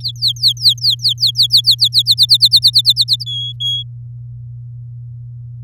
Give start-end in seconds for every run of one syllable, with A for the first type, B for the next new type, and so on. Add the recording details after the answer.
0.00-2.14 A, 2.17-3.24 B, 3.26-3.83 C. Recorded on 8 May 2018 at 14:50. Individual llb16